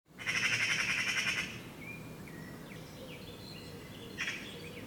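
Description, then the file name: Eurasian magpie giving one long, grating rattle followed by a brief fainter sound, with thin whistled bird notes in the background. "Pica pica"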